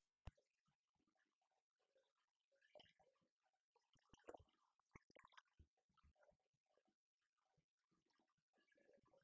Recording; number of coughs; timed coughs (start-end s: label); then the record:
no coughing; 0
none
From the record:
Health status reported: symptomatic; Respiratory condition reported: no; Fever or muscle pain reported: no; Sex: male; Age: 18 years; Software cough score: 0.04